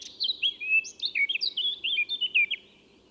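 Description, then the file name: Eurasian blackcap song, a fast run of sweet, high warbled notes with clear fluty slurs, over a low steady background hum. "Sylvia atricapilla"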